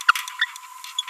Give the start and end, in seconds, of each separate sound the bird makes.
0.39-0.45, 0.99-1.01, 1.08-1.10